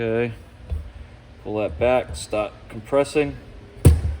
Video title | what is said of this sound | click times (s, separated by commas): DIY ENGINE REBUILD MUSTANG 3.8 SN 95 PART 2 | snaps in place | 3.9 s